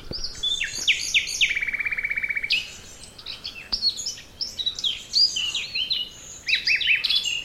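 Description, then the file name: Common nightingale song: a fast descending chirp series into a long even rattle, then a stream of varied whistled and chirped notes. "Luscinia megarhynchos"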